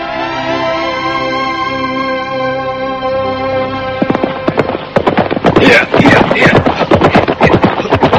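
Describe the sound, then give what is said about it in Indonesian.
A long, steady tonal sound gives way after about four seconds to loud, rapid hoofbeats of a galloping horse, ridden hurriedly into the grounds of a training centre at dusk, pounding in a fast, uneven rhythm until the end. “Di senja cerah nan indah itu, nampak sesosok penunggang kuda terburu-buru memacu tunggangannya memasuki area pusat pendidikan calon tanda.”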